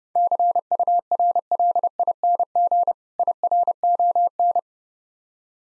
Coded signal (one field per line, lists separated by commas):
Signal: Morse code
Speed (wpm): 32 wpm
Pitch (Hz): 700 Hz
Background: none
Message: CURLING IRON